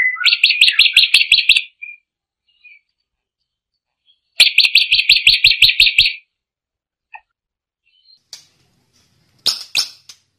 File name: Suara burung awar-awar aka srigunting jambul